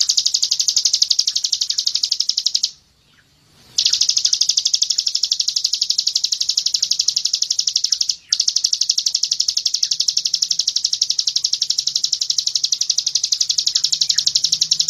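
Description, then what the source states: Bird trill, a long, rapid, high pulsed buzz repeated steadily, broken by an one-second pause and a brief dip, then continuing. Masteran recording used as a training model for songbirds.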